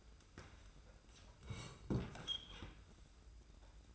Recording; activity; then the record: daily activity, microphone in the room; sit down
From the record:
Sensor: 2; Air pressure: 990.4 hPa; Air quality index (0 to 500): 180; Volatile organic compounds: 1000 ppm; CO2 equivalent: 5736 ppm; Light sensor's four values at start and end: 31/68/29/29 and 32/74/30/31